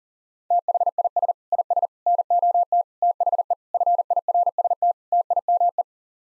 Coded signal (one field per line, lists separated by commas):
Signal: Morse code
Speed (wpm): 40 wpm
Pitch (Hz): 700 Hz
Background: none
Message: THIS IS NOT THE FIRST TIME